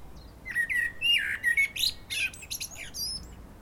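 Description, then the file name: Common blackbird singing a rich fluted phrase of mellow whistled notes that rises and falls, then dissolves into a scratchy, high-pitched twittering finish. "Turdus merula"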